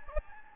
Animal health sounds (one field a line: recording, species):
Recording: mosquito wingbeat signal from an infrared sensor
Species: Anopheles gambiae